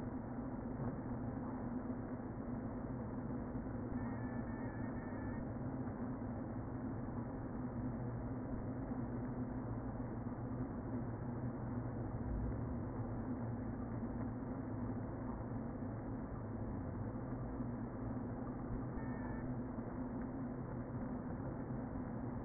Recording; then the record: honeybee colony, microphone inside the hive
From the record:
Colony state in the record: queen present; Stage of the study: before two queens were removed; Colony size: about 60,000 bees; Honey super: yes